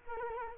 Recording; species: mosquito wingbeat signal from an infrared sensor; Culex quinquefasciatus